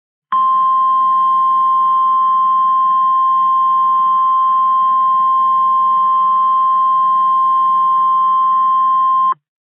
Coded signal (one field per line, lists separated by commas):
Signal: Emergency Alert System (SAME) tones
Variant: 1050 Hz attention tone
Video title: Severe Thunderstorm Warning Noaa Weather Radio Station KID 77 Kansas City MO 6/9/26